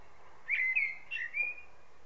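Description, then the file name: Common blackbird: a pair of smooth fluty whistled notes, gently wavering in pitch, over a quiet background. "Turdus merula"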